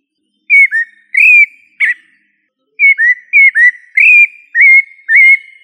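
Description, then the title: Thrush singing two phrases of rich whistled notes that slide up and down, separated by a short silence. "Familia Turdidae - Sabia"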